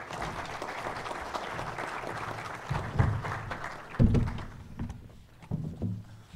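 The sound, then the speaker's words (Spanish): A crowd claps steadily in a dense, even patter of many hands, with a few louder low thumps near the end as the applause begins to thin out and fade. The audience welcomes Father Javier Olivera Ravasi before his lecture on Martin Luther, 500 years later. “Damos un fuerte aplauso de bienvenida.”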